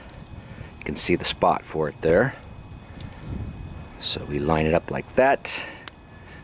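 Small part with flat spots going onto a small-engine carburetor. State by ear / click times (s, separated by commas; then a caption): seated / 5.9 s. A small part with a flat spot on each side is lined up against the carburetor of a 139 cc OHV engine on an MTD Yard Machines tiller that won't start or run because of carburetor problems, then pushed home. Someone talks while lining it up, and at 5.9 s there is one sharp snap as the part pops into place and seats.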